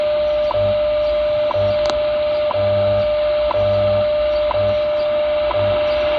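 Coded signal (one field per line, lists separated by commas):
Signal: radio time signal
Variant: WWV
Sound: steady mid tone with a sharp tick every second, 6 ticks, faint low hum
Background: radio static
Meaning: Each tick marks one second; the steady tone is the standard audio tone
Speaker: so anyways uh wwv 15 megahertz this is with the h501x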